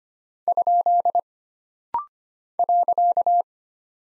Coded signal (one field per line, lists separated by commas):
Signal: Morse code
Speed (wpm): 25 wpm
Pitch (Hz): 700 Hz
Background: none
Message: ? .